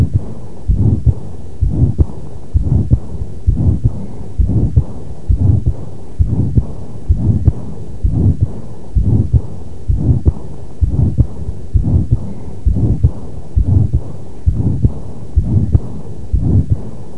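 Heart sounds recorded by phonocardiogram at the second auscultation point in an adult, with the murmur of combined aortic valve disease (aortic stenosis with aortic regurgitation). The systolic murmur radiates to the neck vessels, the subclavian region and sometimes the interscapular space.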